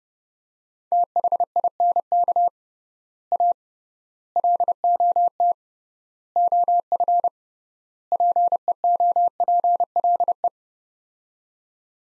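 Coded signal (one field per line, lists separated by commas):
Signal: Morse code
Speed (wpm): 30 wpm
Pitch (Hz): 700 Hz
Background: none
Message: THINK A LOT OF PEOPLE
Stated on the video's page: Morse practice of five-word sets at 30 wpm with 3x word spacing, a Farnsworth-like method for head-copying phrases.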